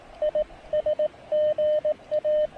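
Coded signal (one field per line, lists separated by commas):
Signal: Morse code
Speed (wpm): 18 wpm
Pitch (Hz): 610 Hz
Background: none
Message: IS GA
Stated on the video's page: POTA activation on CW at 3 watts QRP, using an MTR-3B transceiver with an end-fed half-wave antenna in Pisgah National Forest.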